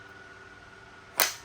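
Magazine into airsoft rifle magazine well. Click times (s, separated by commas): 1.2 s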